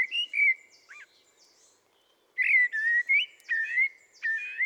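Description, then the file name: Common blackbird song: mellow fluted whistles near the start, a pause, then a longer run of rich warbled phrases with thin squeaky notes above. "Turdus merula"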